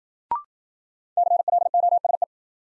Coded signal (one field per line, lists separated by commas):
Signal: Morse code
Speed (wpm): 54 wpm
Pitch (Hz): 700 Hz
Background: none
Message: CLOSE